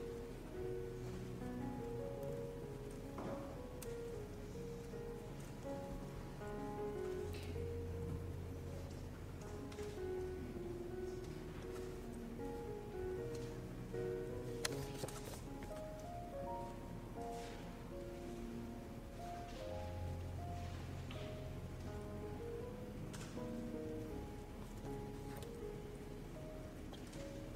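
Room tone inside the Yale library: a steady, even hiss with a low hum underneath whose pitch shifts now and then. Faint murmuring tones drift through, and soft scattered taps and clicks stand out, most clearly near 4, 15 and 24 seconds.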